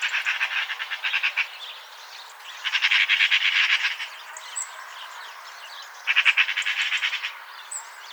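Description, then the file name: Eurasian magpie giving rattling chatter, quick machine-gun series of harsh notes in three separate bursts, quieter scratchy sounds in the gaps. "Pica pica"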